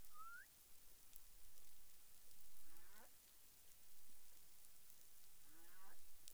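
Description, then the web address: Humpback whale calls underwater: a brief rising whoop, then two harmonic descending moans a few seconds apart over constant sea hiss. Recorded 30 January 2021 at 12:48 UTC. "CARIMAM clean data humpback whale"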